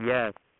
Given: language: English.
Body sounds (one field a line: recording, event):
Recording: throat vibration sensor signal played as sound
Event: speech